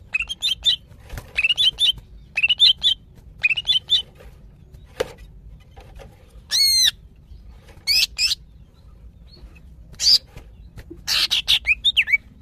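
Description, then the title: Greater green leafbird giving varied whistled chirps around mid-high pitch, with quick rising phrases, sharp high sweeps near the middle and bursts of scratchy notes toward the end. Female, very vocal, calling to a male. "CUCAK IJO BETINA GACOR HIPER MEMANGGIL JANTAN"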